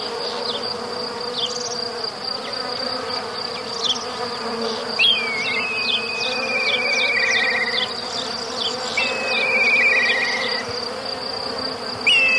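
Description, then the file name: Bee buzzing as a steady low drone, with a few bird trills dropping slightly in pitch and short chirps over a constant high insect whine. Forest ambience with bees, birds and crickets. "les pcheli ptici sverchki"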